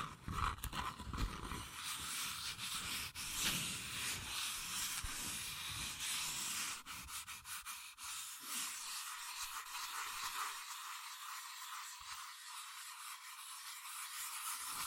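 Fast tapping and scratching on cardboard and paper, a dense, busy rustle that runs the whole time with sharp ticks throughout. The first half has more low, thumping body. After about eight seconds it thins to a lighter, brighter scratching with only occasional soft knocks.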